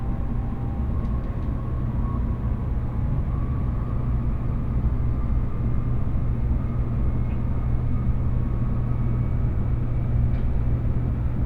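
A Tokaido Shinkansen Kodama train running from Hamamatsu toward Shizuoka gives a steady, dense low rumble that holds level throughout. A faint whining tone rides above it, and a few soft clicks or ticks surface briefly around the first, seventh and tenth seconds.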